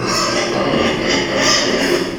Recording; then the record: squeal of a Yucatan mini pig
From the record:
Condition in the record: before surgery on the right vocal fold (resection and tissue-engineered implant); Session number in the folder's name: 1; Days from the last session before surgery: -3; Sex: male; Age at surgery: 12 weeks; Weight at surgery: 13 kg